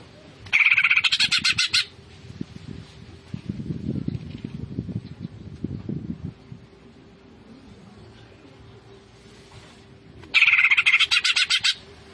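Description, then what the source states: Greater green leafbird song in two short, loud bursts of fast chattering notes separated by a long pause with a low background hum. Local name cucak ijo; described as gacor, singing actively and continuously.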